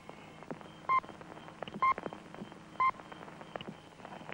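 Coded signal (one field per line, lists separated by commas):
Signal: speaking clock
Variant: Australian Post Office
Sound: three short high pips one second apart over crackle and hiss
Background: old recording crackle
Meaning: The third pip marks the exact announced time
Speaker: it will be 950 and 10 second at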